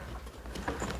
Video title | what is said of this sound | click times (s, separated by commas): stihl bg56/bg56c blower maintenance | it's locked into place. | 0.7 s